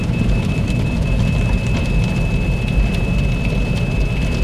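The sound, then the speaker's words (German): Car wash rollers, one vertical and four horizontal, brush around a car: a loud, steady rush of spraying water and scrubbing bristles over a heavy low rumble, with a thin constant whine on top and no talking. “Eine Rolle senkrecht, vier Rollen waagerecht fahren jetzt um das Auto rum.”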